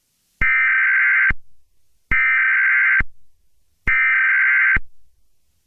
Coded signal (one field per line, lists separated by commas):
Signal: Emergency Alert System (SAME) tones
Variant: header bursts